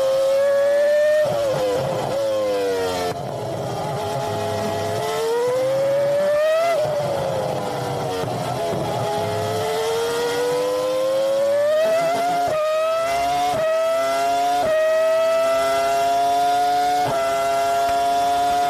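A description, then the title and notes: A Formula One race car screams at full throttle, its engine note sliding up and down in long sweeps as it accelerates and eases off. Sharp breaks in the whine mark quick gear shifts every few seconds, and the loud, buzzing roar never lets up. Formula One Race Car.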